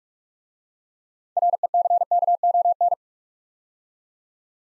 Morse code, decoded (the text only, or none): RECKON